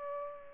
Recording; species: mosquito wingbeat signal from an infrared sensor; Aedes albopictus